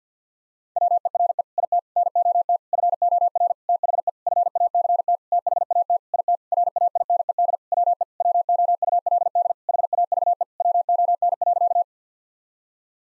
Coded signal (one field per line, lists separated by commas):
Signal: Morse code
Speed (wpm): 50 wpm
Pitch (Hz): 700 Hz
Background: none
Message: WERE IT NOT FOR THE FACT THAT IT RAINED WE WOULD HAVE WON.